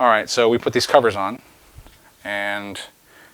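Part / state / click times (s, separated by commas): magnetic side cover onto office chair seat bracket / not seated / none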